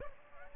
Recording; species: mosquito wingbeat signal from an infrared sensor; Aedes aegypti